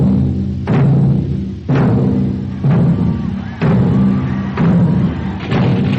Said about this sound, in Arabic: لتعلن كل دقة من دقات الطبول نهاية الظلم، نهاية الخيانة، نهاية الاضطهاد. لتدق الطبول، دق الطبول.